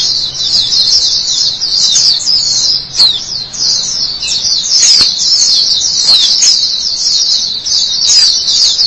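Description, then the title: White-eye song: bright, high, rapid twittering run of slurred notes, steady throughout. "Kicauan Burung Pleci"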